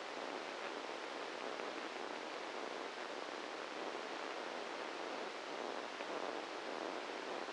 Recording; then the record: brain microelectrode recording played as sound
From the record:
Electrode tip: inside the subthalamic nucleus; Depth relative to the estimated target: 0 mm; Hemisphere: right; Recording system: NeuroSet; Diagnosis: Parkinson's disease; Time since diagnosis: 7 years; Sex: male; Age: 44 years